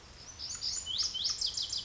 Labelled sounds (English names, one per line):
Lazuli Bunting